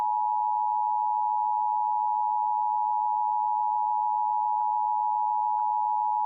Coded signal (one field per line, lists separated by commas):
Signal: Emergency Alert System (SAME) tones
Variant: 853 and 960 Hz attention tone